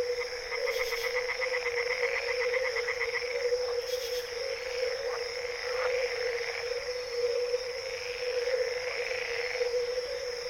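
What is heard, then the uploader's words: A dense night chorus of frogs and crickets hums without pause, steady high whines layered over a lower continuous drone. In the first few seconds a rapid pulsing trill stands out, and brief bright chirps break through around one and four seconds. Chorus of frogs, birds and crickets.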